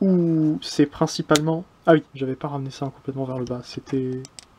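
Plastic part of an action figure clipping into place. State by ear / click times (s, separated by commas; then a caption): not seated / none. A plastic part of a Transformers Cyberverse Deluxe Shockwave action figure is handled but not yet pushed fully down, and someone talks throughout. Nothing has seated or clicked yet; the part only clips in and sits straight once pushed all the way down.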